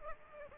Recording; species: mosquito wingbeat signal from an infrared sensor; Aedes aegypti